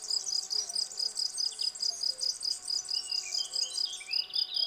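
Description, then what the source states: Field cricket stridulating, clear pulsed chirps repeated steadily, with faint bird twitters in the background. Field crickets singing in a garden lawn, Val Maravel, 18 April 2020; singing for three days, fresh new wings giving clear stridulation; Nagra Seven recorder, MKH40 cardioid microphone.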